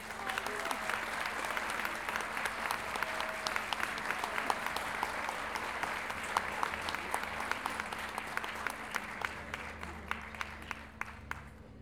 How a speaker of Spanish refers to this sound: Recibamos con un fuerte, fuerte aplauso